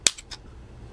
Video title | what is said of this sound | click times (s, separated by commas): Keltec P32 Takedown | and you pull it towards you and you'll hear a pop | 0.1 s